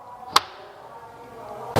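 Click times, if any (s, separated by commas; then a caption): 0.4 s. On a Jeep Renegade with the My Sky roof, the handle on the rear removable roof panel is pulled, tightening until the latch pops home onto the roof frame. A sharp pop is heard at 0.4 s, followed by quiet, then another loud, broadband burst at the very end around 1.8 s. The latch is locked in and the panel is seated.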